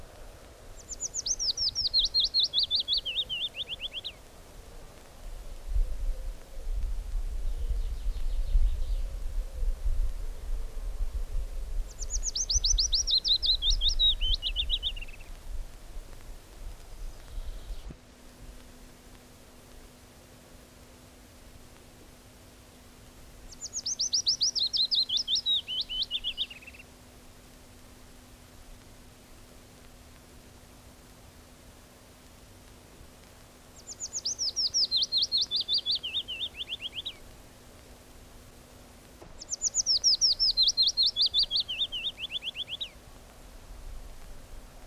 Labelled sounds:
Willow Warbler (Phylloscopus trochilus) song

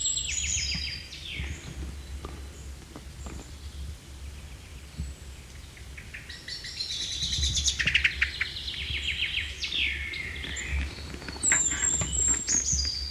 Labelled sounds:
Eurasian Blue Tit (Cyanistes caeruleus) song

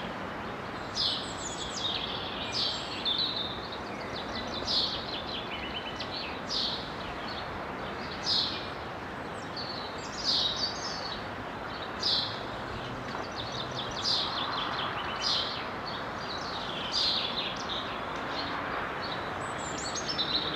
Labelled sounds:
House Sparrow (Passer domesticus) song

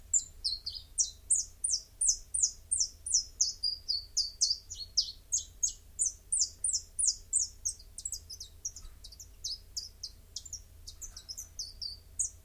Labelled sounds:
Common Chiffchaff (Phylloscopus collybita) song

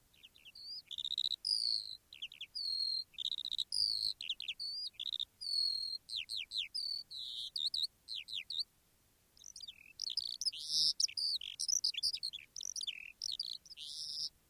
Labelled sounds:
Eurasian Skylark (Alauda arvensis)

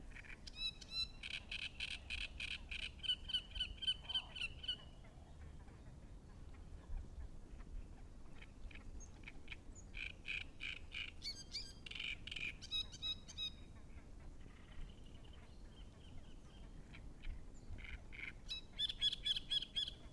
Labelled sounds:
Great Reed Warbler (Acrocephalus arundinaceus)

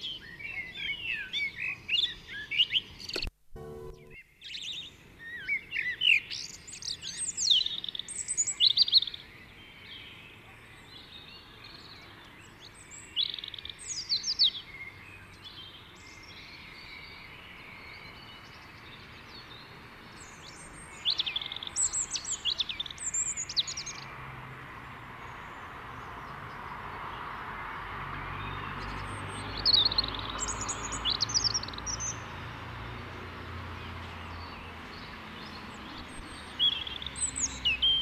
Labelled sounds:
European Robin (Erithacus rubecula) song

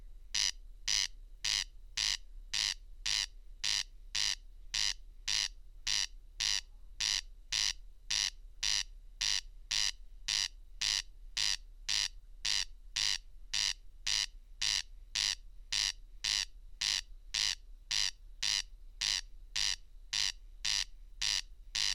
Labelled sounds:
Corn Crake (Crex crex) song

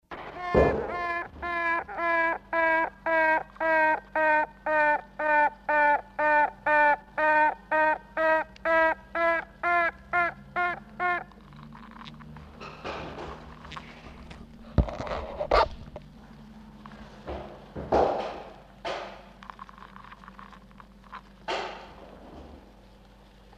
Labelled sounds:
Honey Bee (Apis mellifera)

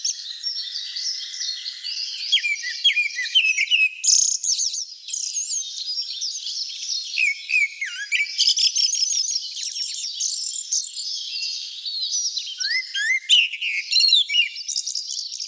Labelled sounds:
Grey-backed Thrush (Turdus hortulorum) song

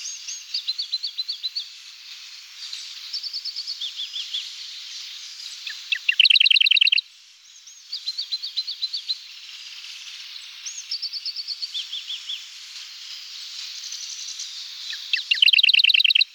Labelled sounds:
Radde's Warbler (Phylloscopus schwarzi) song

